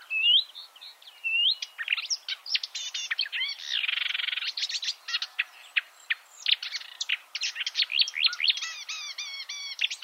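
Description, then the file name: Marsh warbler song, a few whistled notes followed by a busy, varied chatter with a buzzy patch midway and repeated sharp chirps. "suara-kicauan-burung-marsh-warbler -omkicau"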